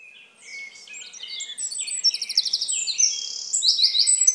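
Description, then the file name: Eurasian wren song, a fast, loud cascade of very high twittering notes and trills that builds in loudness. "Troglodytes troglodytes"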